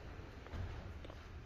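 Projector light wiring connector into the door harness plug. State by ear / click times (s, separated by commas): not seated / none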